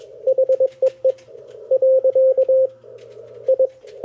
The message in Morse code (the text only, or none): HEE . I